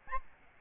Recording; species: mosquito wingbeat signal from an infrared sensor; Aedes albopictus